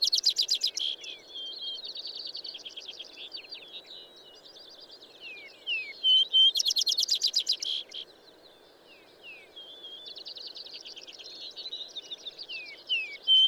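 Bird song of loud rapid trills alternating with softer warbled twittering and slurred whistles, the trill returning several times over a low background hum.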